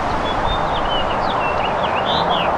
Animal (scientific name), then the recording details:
Haemorhous mexicanus. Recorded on Long Island, New York, on 2 June 2011. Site FL. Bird A